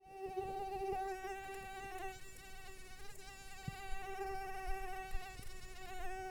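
Mosquito buzzing in flight, a continuous thin droning whine at a steady pitch, with faint low rumble and small clicks underneath.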